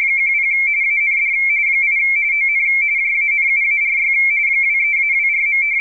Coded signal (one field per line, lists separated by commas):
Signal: RTTY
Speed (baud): 45.45 baud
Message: 10 AND 8 ON JANUARY 23-24.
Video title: Radioteletype Spectral Images